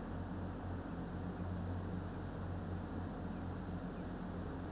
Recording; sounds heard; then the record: poultry house recording; healthy chickens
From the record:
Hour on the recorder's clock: 20